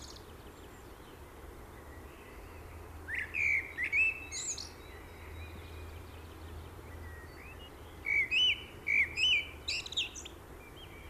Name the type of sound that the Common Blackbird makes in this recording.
song